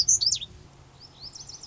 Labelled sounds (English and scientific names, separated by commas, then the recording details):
Lazuli Bunting (Passerina amoena)
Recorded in Sonoma County, California